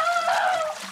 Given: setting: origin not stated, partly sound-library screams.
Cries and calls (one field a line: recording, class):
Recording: one-second piece from a danger detection set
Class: woman in danger